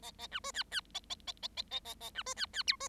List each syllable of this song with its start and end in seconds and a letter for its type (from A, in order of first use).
0.02-0.11 A, 0.18-0.27 A, 0.31-0.39 B, 0.43-0.51 C, 0.53-0.63 D, 0.71-0.80 D, 0.94-0.99 A, 1.09-1.15 A, 1.27-1.32 A, 1.42-1.48 A, 1.56-1.62 A, 1.70-1.80 A, 1.84-1.94 A, 2.00-2.10 A, 2.14-2.22 B, 2.26-2.34 C, 2.36-2.46 D, 2.53-2.63 D, 2.67-2.76 E, 2.80-2.88 C